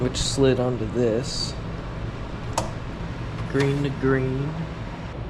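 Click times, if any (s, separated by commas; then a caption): none. Someone talks while handling a black plastic wiring connector on a mower engine's wire harness, bringing it up to the mating black engine harness plug. A brief sharp sound comes at about 2.6 s over steady low background noise. Nothing has seated or clicked yet.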